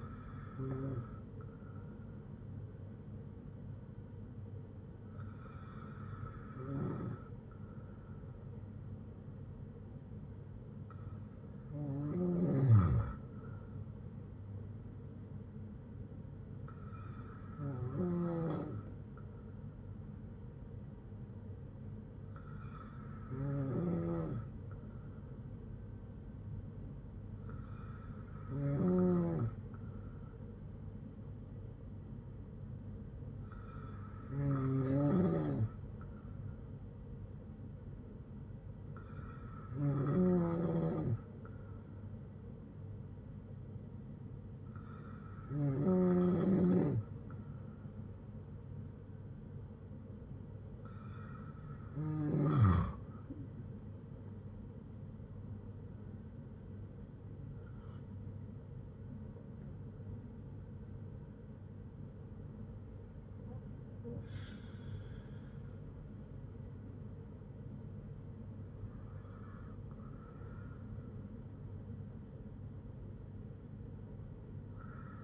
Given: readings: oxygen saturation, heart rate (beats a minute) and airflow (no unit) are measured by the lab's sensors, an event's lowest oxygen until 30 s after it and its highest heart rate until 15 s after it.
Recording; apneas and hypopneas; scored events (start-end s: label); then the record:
breathing in sleep by a smartphone at the bedside; none
none scored
From the record:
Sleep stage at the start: N2 (light sleep); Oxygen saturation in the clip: 94 to 95%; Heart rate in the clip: 56 to 73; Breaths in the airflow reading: 13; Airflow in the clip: -7.3 to 7.2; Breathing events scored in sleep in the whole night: 182 in 7.4 hours asleep